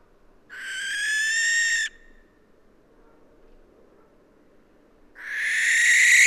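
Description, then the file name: Barn owl producing a hoarse, noisy screech of over a second, then silence, followed by a louder, harsher screech starting near the end. "Schleiereule - Tyto alba"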